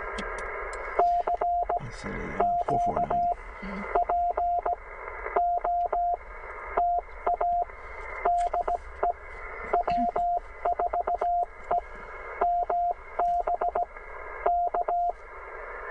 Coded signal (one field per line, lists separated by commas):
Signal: Morse code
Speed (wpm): 17 wpm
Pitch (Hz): 700 Hz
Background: radio noise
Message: CQ POTA DE W4EMB K